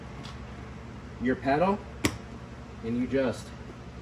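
Someone talks while a driver's Oedro floor mat for a 2019-2024 Silverado/Sierra truck is tucked up under the pedal, to be pressed onto the floor retention posts through its cutouts. A single brief, sharp sound is heard at about 2.1 s between the words. Nothing has seated or snapped onto the posts yet.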